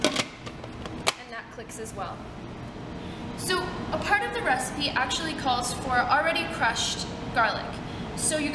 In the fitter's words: of the Robo coupe is called the top or the cap and this just make sure that nothing falls out or comes out of place that clicks